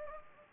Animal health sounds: mosquito wingbeat signal from an infrared sensor; Anopheles gambiae

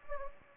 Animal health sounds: mosquito wingbeat signal from an infrared sensor; Anopheles gambiae

